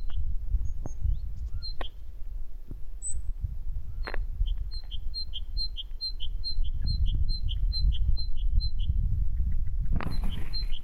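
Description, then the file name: Great tit giving a steady run of sharp, paired high notes repeated quickly in the second half, with scattered faint chirps earlier and a constant low background rumble. "Parus major"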